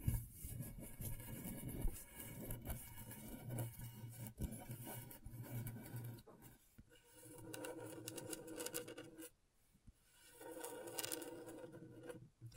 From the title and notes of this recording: ASMR Brain Tingling Scratchboard (No Talking).